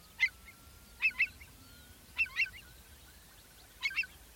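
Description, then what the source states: Eurasian Curlew alarm calls, a few short harsh notes, mostly in pairs. Calls began as alarm at the recordist's presence and soon calmed; night on open moorland, Dryburn Moor, North Pennines, Northumberland, early May 2022, binaural.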